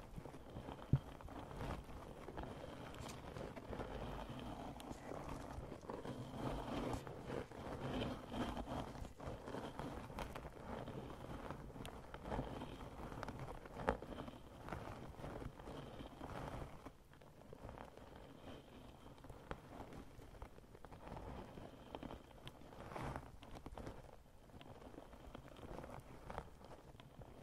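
Sponges rubbed against a microphone make a continuous rough scratching and brushing, dense and fairly steady, with low rumbling thumps underneath. Small sharp crinkles and clicks pop out now and then, and the rubbing thins and softens after about seventeen seconds.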